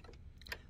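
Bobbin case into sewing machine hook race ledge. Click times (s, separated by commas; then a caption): 0.4 s, 0.5 s. A sewing machine bobbin case is set down onto the metal ledge of the hook race under the feed dogs. After a few faint ticks, small sharp clicks sound at 0.4, 0.5 and 0.5 seconds as it settles in place. The bobbin case is seated.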